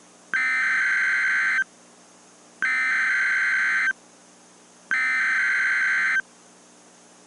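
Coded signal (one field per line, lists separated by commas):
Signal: Emergency Alert System (SAME) tones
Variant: header bursts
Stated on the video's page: Simulated EAS alert, a mock scenario remade in a longer version.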